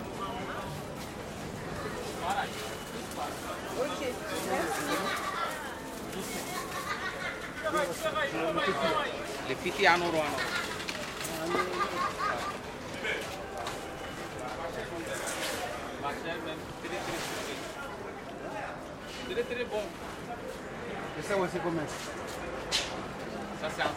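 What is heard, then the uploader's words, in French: Street vendors call out and people talk on a busy station forecourt, voices overlapping in a steady murmur with speakers breaking through now and then. Sharp clicks and brief bright bursts punctuate the scene, over a low urban rumble of traffic throughout. À la sauvette - esplanade Gare Saint-Denis. Gare Saint-Denis juin 2018.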